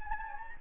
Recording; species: mosquito wingbeat signal from an infrared sensor; Anopheles gambiae